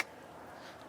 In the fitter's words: You'll hear the clicks